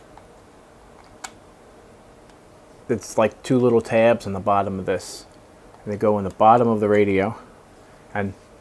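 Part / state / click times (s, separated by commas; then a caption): battery pack into handheld radio / not seated / none. A plastic battery pack for a TYT MD-380 handheld radio is handled as its two bottom tabs are set into the bottom of the radio at an angle, with a sharp tick at 1.2 s and someone talking. Nothing has seated or clicked yet.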